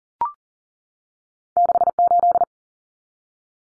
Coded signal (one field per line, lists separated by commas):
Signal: Morse code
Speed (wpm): 40 wpm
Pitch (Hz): 700 Hz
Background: none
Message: 68